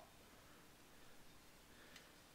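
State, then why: Not seated. A new rubber snap-in valve stem is being handled at the valve hole of a lawn tractor wheel rim, with faint handling noise and a brief faint tick at about 2.0 s. Nothing has popped into place or seated yet.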